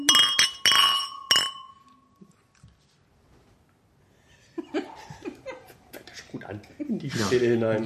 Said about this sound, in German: Lass uns anstoßen. Okay. Ja. So, also. Auf ein gutes Gelingen.